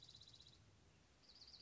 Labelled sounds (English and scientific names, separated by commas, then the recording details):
Dark-eyed Junco (Junco hyemalis)
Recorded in Sonoma County, California